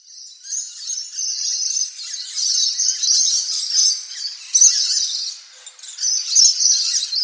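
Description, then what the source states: Scaly-breasted Lorikeet screeching: high-pitched, harsh calls running almost continuously, rising and falling in loudness, with a few sharper notes standing out. Known for its high-pitched screech; recorded by Henk Krajenbrink at Mount Molloy, Queensland, Australia.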